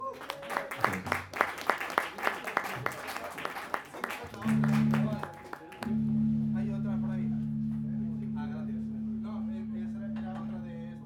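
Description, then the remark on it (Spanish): A live concert audience bursts into dense applause for the crew, the organizer and the other bands, with sharp claps in the opening seconds. The clapping then gives way to a steady, loud low hum that holds to the end. “Un aplauso también para ellos, por favor.”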